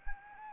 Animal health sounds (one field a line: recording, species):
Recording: mosquito wingbeat signal from an infrared sensor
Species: Anopheles arabiensis